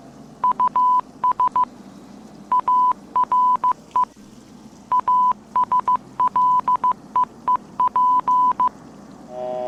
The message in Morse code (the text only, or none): US ARE ASLEEP